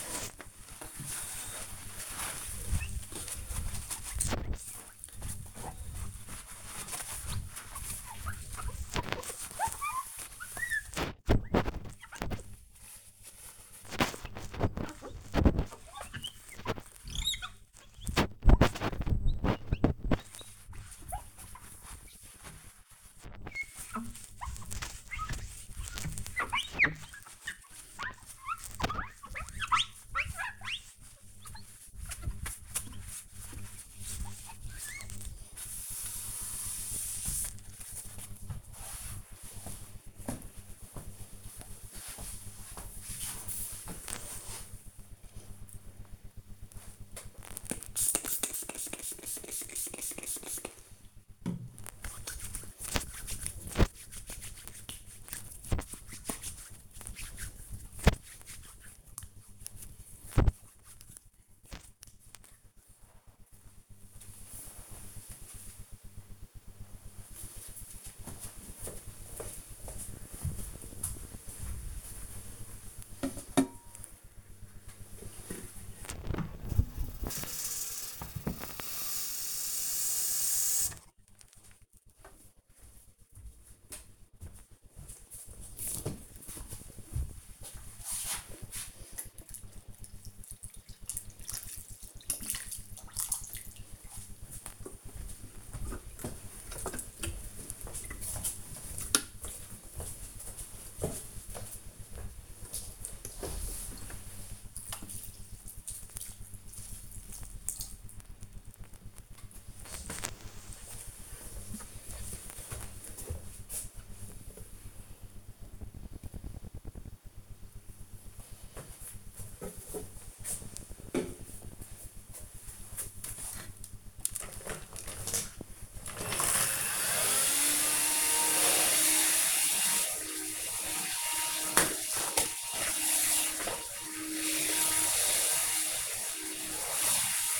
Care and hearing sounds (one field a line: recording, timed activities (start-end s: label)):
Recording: household activities, microphone on the right wrist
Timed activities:
0.00-38.50 s: window cleaning
46.55-61.63 s: disinfecting hands
74.72-108.98 s: watering plant
126.08-137.59 s: vacuum cleaning